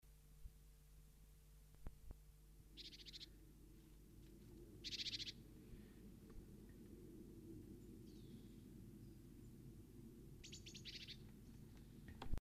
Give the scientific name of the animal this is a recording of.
Parus major